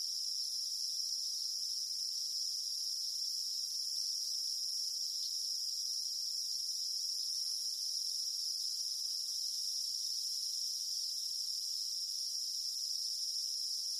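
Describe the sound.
Cicada song, a continuous, piercing high buzz that holds steady in pitch and loudness throughout.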